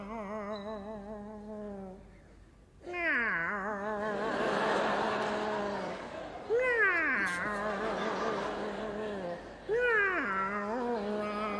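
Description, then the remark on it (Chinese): A blind cat yowls in a string of long, drawn-out meows, each bending up and down in pitch, loud and continuous with only brief breaks between cries. “听我，他这瞎猫呢”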